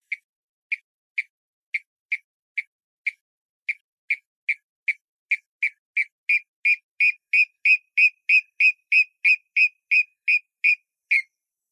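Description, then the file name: Water rail calling, sharp high clipped notes repeated at a quickening pace, growing louder and more insistent as the series continues. "kuina"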